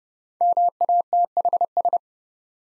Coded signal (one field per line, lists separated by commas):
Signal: Morse code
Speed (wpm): 30 wpm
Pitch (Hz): 700 Hz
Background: none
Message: MATHS